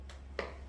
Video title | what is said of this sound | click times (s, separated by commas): how to put fabric back on britax galaxy 360 slim (step by step) | There. Made a little click. | 0.4 s